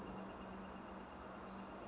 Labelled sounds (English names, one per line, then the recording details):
Northern Flicker
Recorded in Sonoma County, California